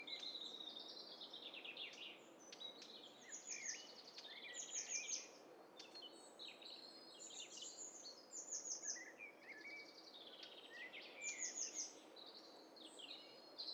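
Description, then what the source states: Birds in a dense chorus, with many overlapping high chirps, trills and brief whistles throughout and constant background hiss. Stereo mixture of several birds calling together.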